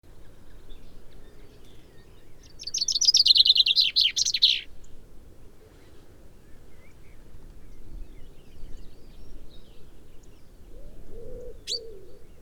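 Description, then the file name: Common chaffinch: one loud, fast trill of bright notes that descends, then a single sharp click over low background noise. "Fringilla coelebs"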